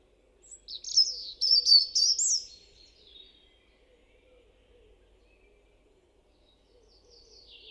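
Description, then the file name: European robin singing a short burst of sweet, rapidly shifting high notes, followed by near silence and a faint thin trill near the end. "Erithacus rubecula"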